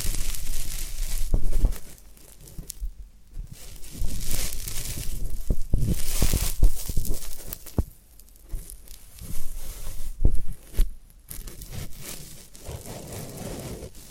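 Floral foam being handled, with bursts of crisp crumbling and scratchy tearing that come and go irregularly over the whole stretch. Sharp little cracks and knocks land every second or two, and the louder rustling swells alternate with brief near-quiet gaps.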